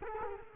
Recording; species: mosquito wingbeat signal from an infrared sensor; Culex quinquefasciatus